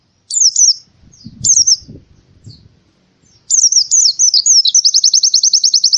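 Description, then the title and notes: Canary: two short warbled chirps with gaps and soft low thuds, then a lively twittering phrase that breaks into a fast, evenly repeated high trill. Song intended as a master for training other birds. "Kicauan Kenari. Masteran Burung"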